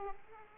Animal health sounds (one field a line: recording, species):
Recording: mosquito wingbeat signal from an infrared sensor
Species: Aedes aegypti